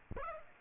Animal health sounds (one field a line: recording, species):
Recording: mosquito wingbeat signal from an infrared sensor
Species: Aedes aegypti